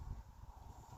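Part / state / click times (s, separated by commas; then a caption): wooden screen door onto magnetic catch on the door frame / not seated / none. A restored wooden screen door is handled near a newly installed 70-pound magnetic catch with a strike plate on the door frame, fitted to hold the door closed in strong winds so it won't rattle. Only low, rumbling handling noise is heard, with no sharp transients. Nothing has seated or clicked yet.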